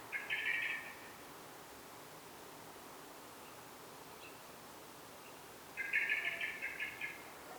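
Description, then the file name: Common blackbird making two brief rattling chatters, one at the start and one near the end, separated by a long quiet stretch of hiss. "Turdus merula"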